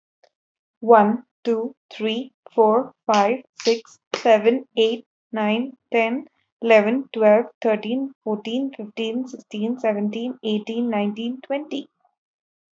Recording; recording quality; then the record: counting at a normal pace; excellent, no background noise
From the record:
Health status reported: healthy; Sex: female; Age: 25 years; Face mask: not worn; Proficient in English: yes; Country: India